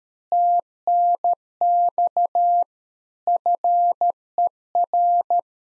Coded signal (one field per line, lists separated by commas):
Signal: Morse code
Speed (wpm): 13 wpm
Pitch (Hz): 700 Hz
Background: none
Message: TNX FER